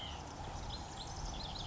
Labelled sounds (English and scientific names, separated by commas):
White-breasted Nuthatch (Sitta carolinensis)